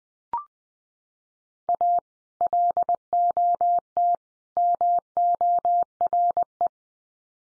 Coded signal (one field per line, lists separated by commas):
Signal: Morse code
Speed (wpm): 20 wpm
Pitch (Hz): 700 Hz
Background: none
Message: A LOT MORE